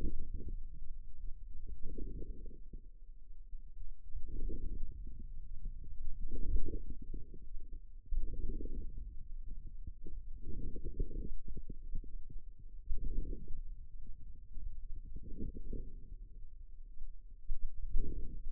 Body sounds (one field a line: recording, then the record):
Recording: forearm muscle sounds (acoustic myography)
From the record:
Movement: outward rotation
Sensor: system 2, bracelet of six BSWA MPA416 microphones around the upper forearm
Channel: 2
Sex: male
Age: 22 years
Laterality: right